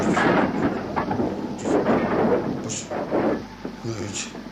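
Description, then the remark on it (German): A train brakes hard to a stop after its emergency brake handle is pulled: a loud, broad rumbling roar with hissing surges that gradually settles, leaving a steady low hum and a few faint clunks at the end. “Warum steht denn der Zug? Hat eine Notbremse gezogen.”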